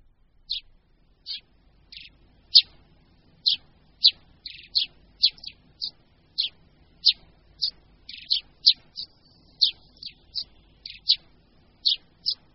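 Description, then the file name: Eurasian tree sparrow calling with repeated short, dry chirps spaced about half a second apart, occasionally in quick pairs, over near silence. "Vrabec-polní"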